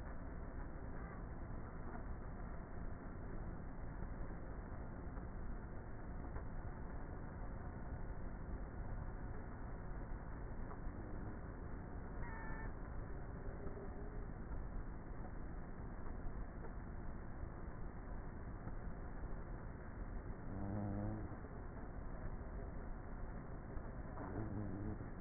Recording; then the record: honeybee colony, microphone inside the hive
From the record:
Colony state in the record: queenless with a low population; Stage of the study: before two queens were removed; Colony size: about 30,000 bees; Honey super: no